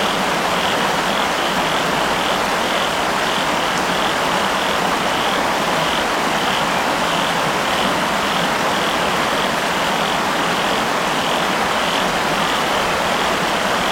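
Frogs call along a grassy riverbank, a steady dense chorus with a bright, rapidly pulsing trill over constant hissing, rushing background noise.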